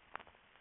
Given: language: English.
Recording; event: throat vibration sensor signal played as sound; swallow